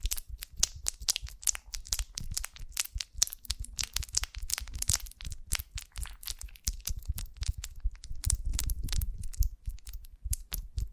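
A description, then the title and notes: Honeycomb on a branch being handled, with dense, irregular crackles and crunches running the whole way through. The sharp, bright snaps come several per second, each with a soft low thump underneath, and a slightly heavier cluster of squishy crunches around the eight-second mark. ASMR of a Honeycomb on Branch (No Talking).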